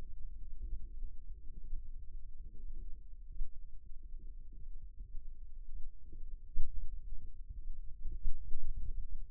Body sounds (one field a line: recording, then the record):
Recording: forearm muscle sounds (acoustic myography)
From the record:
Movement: rest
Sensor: system 2, bracelet of six BSWA MPA416 microphones around the upper forearm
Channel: 2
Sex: male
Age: 22 years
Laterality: right